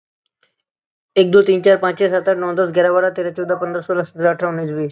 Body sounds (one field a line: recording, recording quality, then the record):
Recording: counting at a fast pace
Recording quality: excellent, no background noise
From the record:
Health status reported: exposed to COVID-19, no respiratory illness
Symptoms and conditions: none ticked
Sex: male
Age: 22 years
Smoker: not ticked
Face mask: not worn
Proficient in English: yes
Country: India